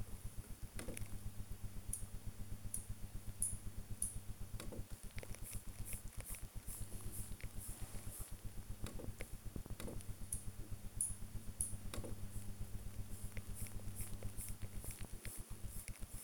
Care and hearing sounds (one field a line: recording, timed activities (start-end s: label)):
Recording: household activities, microphone on the right wrist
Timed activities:
0.00-16.24 s: working on the computer